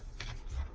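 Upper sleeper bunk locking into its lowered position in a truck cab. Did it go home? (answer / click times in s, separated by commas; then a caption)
yes / 0.2 s. A latch is turned on the upper sleeper bunk in the cab of a 2016 Freightliner Cascadia, and the bed lowers and locks into its lowered position. A single sharp click is heard at 0.2 s as the bunk seats, over low rumbling background noise.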